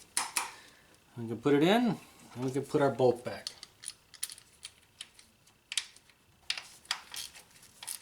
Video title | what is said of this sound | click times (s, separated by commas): Honda Element Spark Plug Replacement (2003-2011) | and make sure it snaps in place | 0.2 s, 0.4 s